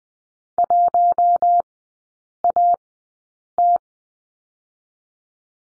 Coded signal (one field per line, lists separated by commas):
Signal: Morse code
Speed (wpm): 19 wpm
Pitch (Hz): 700 Hz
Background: none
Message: 1AT